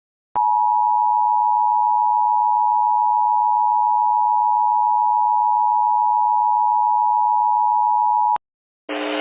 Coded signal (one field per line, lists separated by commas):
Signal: Emergency Alert System (SAME) tones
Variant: 853 and 960 Hz attention tone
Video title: EAS Recreation Mock: HOLY CRAP ANOTHER ONE! (remake)